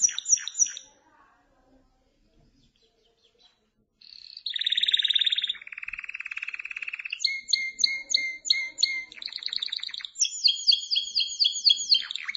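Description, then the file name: Canary song: a few chirps, several seconds of near silence, then loud buzzy trills and rapid repeated whistled notes to the end. "Canary Voice"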